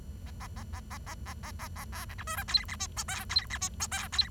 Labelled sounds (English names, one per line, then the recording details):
Bengalese Finch song
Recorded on 23 June 2012 at 11:07
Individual gr41rd51